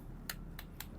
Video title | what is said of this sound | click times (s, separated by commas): DAILY VLOGS - DBELL AK024 BETA SPETSNAZ FULL WOOD & METAL | Ayan nag-lock naman. | 0.3 s